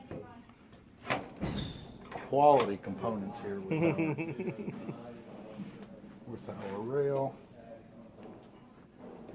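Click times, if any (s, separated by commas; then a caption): none. A handguard rail is handled onto an AR-15 upper receiver's takedown assembly and its takedown barrel nut while someone talks, with a few brief knocks near the start. The clip ends before the part goes home, so nothing has seated or clicked yet.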